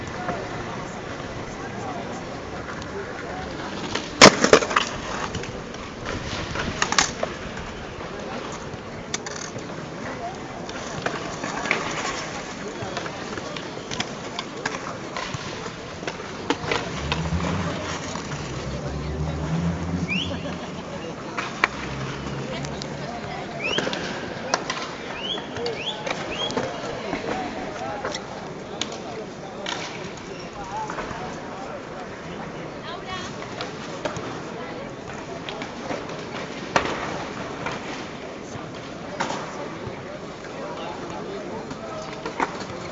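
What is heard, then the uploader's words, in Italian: Skaters doing tricks in a square in Barcelona, with sharp board clacks and slaps popping out every few seconds, loudest near the start. A low rolling rumble of wheels swells around the middle, under a steady murmur of voices and crowd noise throughout. Rumori di acrobazie di skaters in una piazza di Barcelona.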